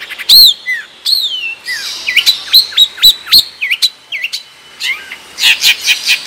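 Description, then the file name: Long-tailed shrike song of looping whistled slurs, some rising and some falling, mixed with sharp chips and a short chatter near the end. Madura type of long-tailed shrike, recorded as natural song. "Suara Asli Cendet Madura"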